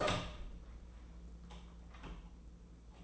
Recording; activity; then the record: daily activity, microphone in the room; open door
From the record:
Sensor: 1